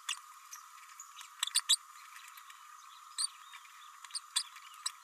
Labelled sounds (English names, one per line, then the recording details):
Green-rumped Parrotlet babbling
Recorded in a nest box in Venezuela
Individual 18B104A4